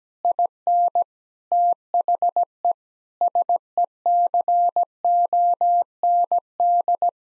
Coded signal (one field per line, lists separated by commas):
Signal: Morse code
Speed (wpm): 17 wpm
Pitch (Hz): 700 Hz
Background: none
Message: IN THE SECOND